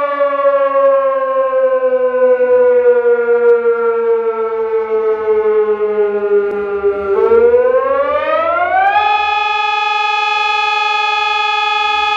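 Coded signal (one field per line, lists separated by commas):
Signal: siren signal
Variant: German Feueralarm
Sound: loud electronic siren wail with buzzy harmonics, pitch sagging then rising to a steady tone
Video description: Ausgelöst wurde über POCSAG das Signal "Feueralarm".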